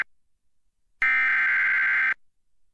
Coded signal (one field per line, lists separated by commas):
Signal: Emergency Alert System (SAME) tones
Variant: header bursts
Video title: JKCL Grounds Nice JKCL/Grounded With EAS Severe Thunderstorm Warning